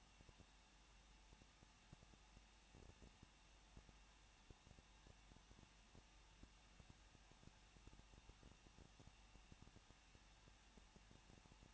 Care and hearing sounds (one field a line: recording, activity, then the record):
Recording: daily activity, microphone in the room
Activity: no activity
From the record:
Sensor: 1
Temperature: 20.1 degrees Celsius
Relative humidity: 39.0%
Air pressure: 1006.6 hPa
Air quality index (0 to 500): 216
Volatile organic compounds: 72 ppm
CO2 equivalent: 3533 ppm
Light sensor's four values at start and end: 1/2/1/1 and 1/2/1/1